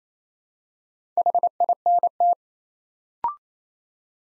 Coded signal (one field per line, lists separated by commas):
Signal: Morse code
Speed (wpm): 28 wpm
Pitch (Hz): 700 Hz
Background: none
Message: HINT